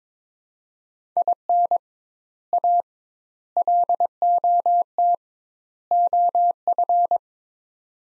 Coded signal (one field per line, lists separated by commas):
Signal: Morse code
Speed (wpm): 21 wpm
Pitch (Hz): 700 Hz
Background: none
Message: IN A LOT OF